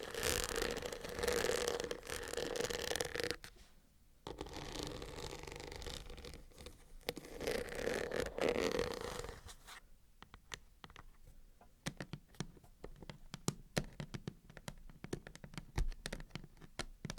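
A microphone is unboxed with crisp handling sounds: dense rustling and scraping of packaging fills roughly the first ten seconds, pausing briefly near four seconds. After that the sound thins into sparse, sharp clicks and taps, with a low thump near sixteen seconds.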